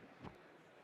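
A removable battery is pushed into a body-worn wireless microphone transmitter and held up close to the mic. A short, faint click sounds at 0.3 s over a steady low background hum. The battery is not fully clicked in yet; the proper click has not come.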